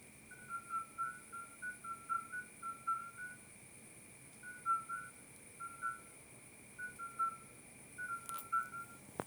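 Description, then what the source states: Midwife toad giving short, pure, bell-like piping notes, several callers overlapping at slightly different pitches in irregular bursts, over a steady high hum and a faint low hum. Recorded 30 May 2024 at 22:30, at night.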